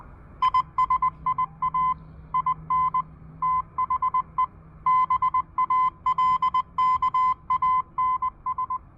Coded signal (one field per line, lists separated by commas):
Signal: Morse code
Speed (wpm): 20 wpm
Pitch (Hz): 1020 Hz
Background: none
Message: ISIA IN THE BALKANS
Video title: 30 Meters with a 4 Foot Whip Antenna? Impromptu POTA Hunting with the Elecraft KH1!